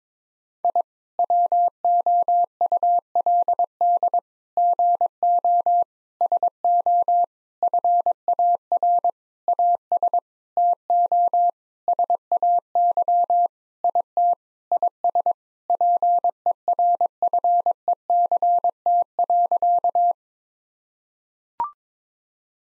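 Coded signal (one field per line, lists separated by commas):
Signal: Morse code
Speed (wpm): 22 wpm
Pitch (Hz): 700 Hz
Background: none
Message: I WOULD GO SO FAR AS TO SAY IT IS PERFECT.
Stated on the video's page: Morse code practice at 22 wpm: sentences built from common eight-word phrases, each sent, then spoken, then sent again, for head-copy training.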